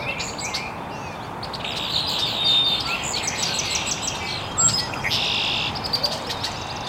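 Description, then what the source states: Birds: a chorus of rapid high chirps and a buzzy burst later on, several birds overlapping above a steady background hiss. Birds chirping very early in the morning in an estuary.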